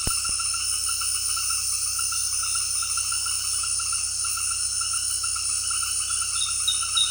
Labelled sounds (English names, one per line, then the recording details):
none
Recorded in dense forest near Puerto Asís, Putumayo, Colombia, on 20 February 2024 at 18:30
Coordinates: 0.485, -76.322
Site G6406